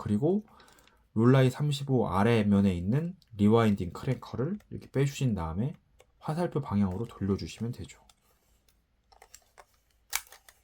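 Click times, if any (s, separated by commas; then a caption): 10.1 s. Someone talks while the rewind crank on the underside of a Rollei 35 film camera is pulled out and turned in the direction of the arrow. Soft clicks from the crank follow, and at 10.2 s the film leader clicks free of the take-up spool, so the film no longer winds.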